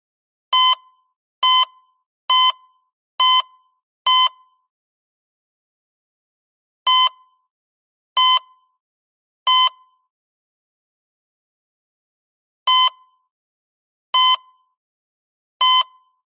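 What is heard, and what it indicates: A heart monitor gives eleven short, clear, high beeps, one for each heartbeat. The first five come about 70 a minute, then the beeps slow and arrive in sparse groups with long silent gaps, a failing rhythm. No flatline tone is heard.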